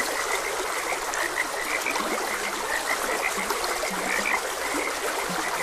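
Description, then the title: Frog chorus of short clipped croaks in quick succession, with a few low buzzy notes mixed in, beneath constant stream flow. Frogs croaking beside a gentle stream. "Gentle Stream and Frogs Croaking"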